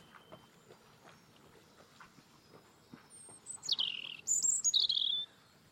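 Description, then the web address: European robin song: a brief burst of high, sweet, descending notes in the second half after a quiet start. "Deverinetal 2025 File origin Bird Only Er Ru"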